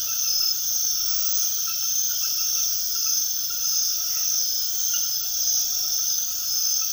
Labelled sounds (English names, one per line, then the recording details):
none
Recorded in secondary vegetation near Puerto Asís, Putumayo, Colombia, on 18 February 2024 at 01:00
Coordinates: 0.500, -76.326
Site G6428